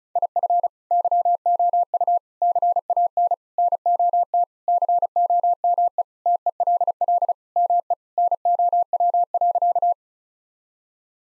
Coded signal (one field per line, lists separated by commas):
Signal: Morse code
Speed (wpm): 36 wpm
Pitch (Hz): 700 Hz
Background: none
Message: IF YOU CAN NOT COME TELL ME NOW.